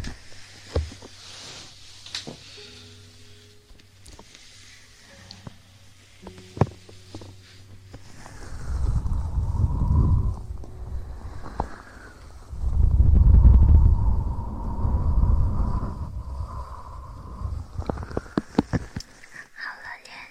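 Ear massage with aloe vera gel: deep rubbing swells from about 8 to 18 seconds, after scattered soft clicks, with sharp taps near the end.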